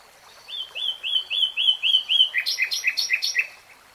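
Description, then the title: Nightingale song: a run of repeated descending whistled notes, then a series of rich, rattling double notes, about four per second. From a 3-hour real-time recording. "[Tiếng chim hót] REALTIME Nightingale Singing"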